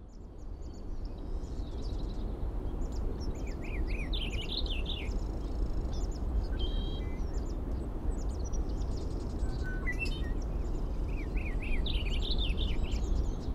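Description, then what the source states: Birds sing repeated warbled phrases with bouncing, looping notes and thin high chips above a persistent low rumble of background noise. Birds recorded at 05:55; date given as 070506.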